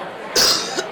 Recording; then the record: coughing mixed with background sound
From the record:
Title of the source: November cold (wet coughing)